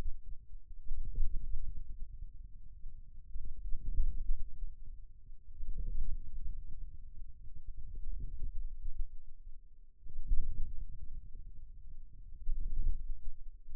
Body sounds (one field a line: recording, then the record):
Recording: forearm muscle sounds (acoustic myography)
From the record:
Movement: wrist flexion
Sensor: system 2, bracelet of six BSWA MPA416 microphones around the upper forearm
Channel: 2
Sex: male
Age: 22 years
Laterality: right